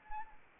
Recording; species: mosquito wingbeat signal from an infrared sensor; Anopheles arabiensis